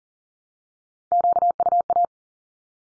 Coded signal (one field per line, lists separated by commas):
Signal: Morse code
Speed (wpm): 40 wpm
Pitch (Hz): 700 Hz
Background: none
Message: QUA